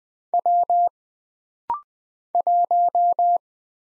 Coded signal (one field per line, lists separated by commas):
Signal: Morse code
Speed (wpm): 20 wpm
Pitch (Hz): 700 Hz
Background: none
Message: W 1